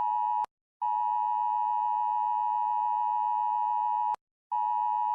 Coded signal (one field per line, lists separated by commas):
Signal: Emergency Alert System (SAME) tones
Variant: 853 and 960 Hz attention tone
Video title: Ranking EAS alarms (cuz why not!)